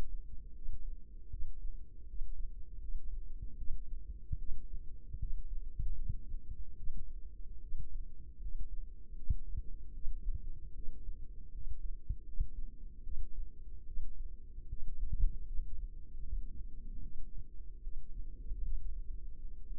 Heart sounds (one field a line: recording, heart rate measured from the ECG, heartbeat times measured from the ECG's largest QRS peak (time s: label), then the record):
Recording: heart sounds by microphone in the left ear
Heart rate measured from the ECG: 76 bpm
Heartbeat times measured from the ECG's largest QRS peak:
0.54 s: heartbeat
1.30 s: heartbeat
2.06 s: heartbeat
2.79 s: heartbeat
3.56 s: heartbeat
4.38 s: heartbeat
5.18 s: heartbeat
5.94 s: heartbeat
6.76 s: heartbeat
7.60 s: heartbeat
8.39 s: heartbeat
9.15 s: heartbeat
9.93 s: heartbeat
10.74 s: heartbeat
11.51 s: heartbeat
12.24 s: heartbeat
13.03 s: heartbeat
13.85 s: heartbeat
14.68 s: heartbeat
15.47 s: heartbeat
16.21 s: heartbeat
17.01 s: heartbeat
17.82 s: heartbeat
18.63 s: heartbeat
19.38 s: heartbeat
From the record:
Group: healthy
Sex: female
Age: 22 years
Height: 163 cm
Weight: 67.1 kg